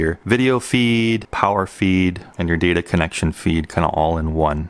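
A combined video, power and data cable connector is handled next to an FPV air unit module while someone talks throughout. The connector has not been pushed in yet, and nothing has clicked or seated by the end of the clip.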